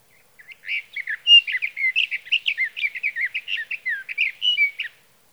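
Sage thrasher song, an extended tumbling warble of quick varied notes and slurs, steady and continuous for about four and a half seconds, nothing else audible.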